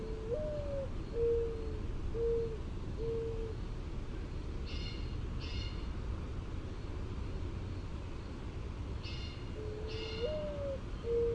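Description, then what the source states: Mourning dove: a rising coo and three soft hoots, then pairs of brief whistling wingbeat bursts, and another coo starting near the end, over a low rumble. Cooing, with wing whistle made in flight.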